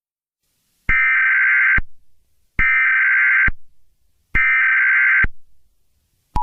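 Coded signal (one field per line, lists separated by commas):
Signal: Emergency Alert System (SAME) tones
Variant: header bursts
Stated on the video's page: Mock tropical storm warning.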